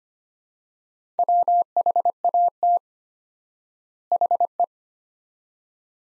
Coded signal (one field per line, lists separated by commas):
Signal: Morse code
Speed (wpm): 25 wpm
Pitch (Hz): 700 Hz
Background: none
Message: WHAT HE